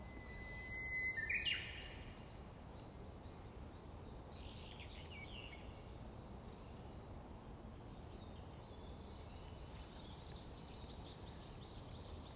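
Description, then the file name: Japanese bush warbler song: a held, level whistle ending in a short loud flourish, then fainter high chirps over steady background hiss. "Uguisu"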